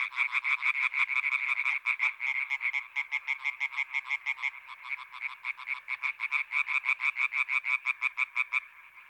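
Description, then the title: European tree frog chorus, loud fast series of sharp croaks, several frogs overlapping in rapid pulses throughout. Chorus at Étang des Marguilliers pond, Sologne, France, 21 May 1993, one hour after nightfall, intense calling activity. "Choeur de rainettes en Sologne"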